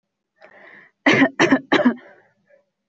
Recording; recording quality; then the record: shallow voluntary cough; excellent, no background noise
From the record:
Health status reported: healthy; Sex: female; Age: 23 years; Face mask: not worn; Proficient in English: yes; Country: India